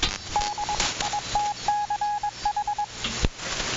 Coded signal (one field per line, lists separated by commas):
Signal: Morse code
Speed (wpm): 22 wpm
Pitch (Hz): 830 Hz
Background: none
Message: D ITCH